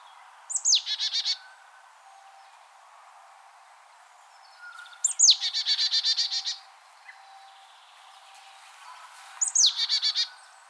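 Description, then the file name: Marsh tit call: a sharp high downslurred note followed by a rapid buzzy chatter of repeated notes, given three times about every four and a half seconds. "Poecile palustris"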